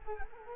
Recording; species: mosquito wingbeat signal from an infrared sensor; Culex quinquefasciatus